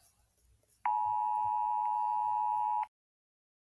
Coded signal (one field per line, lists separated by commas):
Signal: Emergency Alert System (SAME) tones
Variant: 853 and 960 Hz attention tone